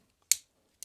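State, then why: Released. The lock on a metal multitool's swing-out bit driver arm is pressed down to release it, giving one sharp, loud click at 0.3 s. Two fainter, shorter clicks follow at 0.8 s and 0.9 s. The bit driver lock is released.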